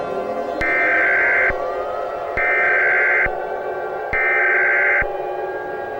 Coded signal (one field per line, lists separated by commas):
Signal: Emergency Alert System (SAME) tones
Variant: header bursts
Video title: The Gulon - an EAS Scenario